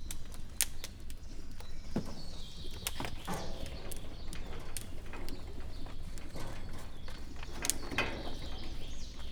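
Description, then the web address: Père David's deer joint clicking: scattered crisp clicks at uneven intervals, a few louder ones, over low background rumble. Captive animal in a Hungarian zoo, recorded 2018; the sound is crackling, clicking joints. "miskolcizoo 2018. david szarvas ropogolazaizuletek miskolczoo"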